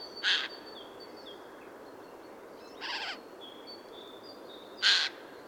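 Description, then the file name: Eurasian jay uttering three scattered hoarse screeches, the middle one softer, while thin high whistles from other small birds sound in the background. "Garrulus glandarius"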